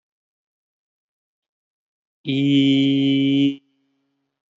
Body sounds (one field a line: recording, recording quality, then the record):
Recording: sustained vowel as in beet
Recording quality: excellent, no background noise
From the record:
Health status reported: healthy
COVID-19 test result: negative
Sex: male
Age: 30 years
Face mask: worn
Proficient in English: yes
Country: United States